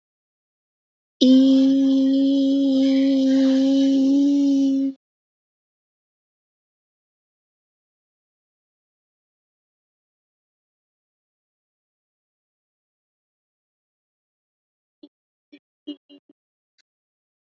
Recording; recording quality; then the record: sustained vowel as in beet; poor, much background noise or distortion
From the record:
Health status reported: healthy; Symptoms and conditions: none ticked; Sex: female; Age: 23 years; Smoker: not ticked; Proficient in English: yes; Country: India